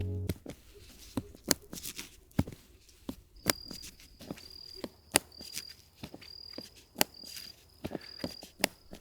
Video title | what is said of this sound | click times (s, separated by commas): The Best Camera Bag for 2025? This thing is FAST! | You can hear it click, and you know you're good to go. | 1.5 s, 3.5 s, 5.2 s, 7.0 s, 8.6 s